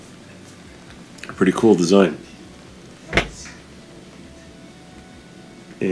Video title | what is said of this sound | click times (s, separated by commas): Lg Washing Machine Not Draining (FIXED) | and then i'll just push it in and it'll lock into place | 1.2 s, 1.3 s